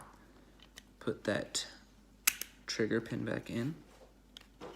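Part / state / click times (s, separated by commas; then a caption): trigger pin into pistol frame / not seated / none. Someone talks while a trigger pin is pushed back into a polymer Glock 43x pistol frame during a Monarch trigger install. Faint ticks are heard around 0.6 and 0.8 seconds, and a sharp loud tap comes at 2.3 seconds. The pin is handled but not yet home: nothing has seated or clicked yet.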